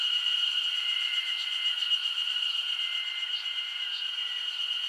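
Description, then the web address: Many insects sounding at once: an unbroken high-pitched hum with intermittent trills and occasional soft chirping pulses. Japanese summer insect ambience. "Sound Effects-Foundation 1 AMBIENCE JAPANESE SUMMER INSECTS 01"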